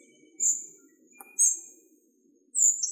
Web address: Muscicapa striata